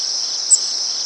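Cape May warbler giving a single very high, thin, brief call note midway through, set against a steady, dense insect drone.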